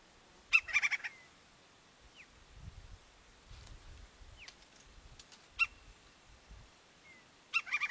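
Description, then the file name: Woodpecker utters a short harsh chatter, a few isolated sharp notes, then begins another chatter; faint thin chirps and low rumbling in between. "canto do pica pau"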